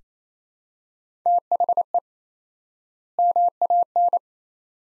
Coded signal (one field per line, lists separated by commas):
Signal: Morse code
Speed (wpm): 27 wpm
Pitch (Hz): 700 Hz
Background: none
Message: THE MAN